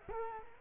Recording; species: mosquito wingbeat signal from an infrared sensor; Culex quinquefasciatus